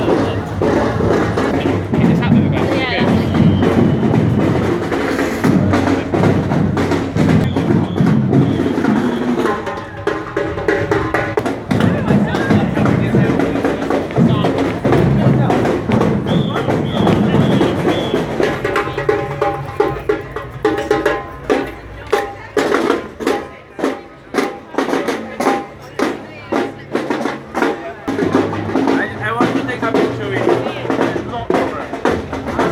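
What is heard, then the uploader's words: A summer carnival passes along a seafront, with a dense, steady wash of crowd voices and low rumble filling the first half. From about twenty seconds, sharp, regular drum strikes cut through, beating fast and evenly over the chatter until the end. The sound is of the 2019 summer carnival as it passes Worthing pier (England); a joyful event with drums and parades. With locals and visitors happily jostling and dancing along together with their ice creams and children. Worthing carnival.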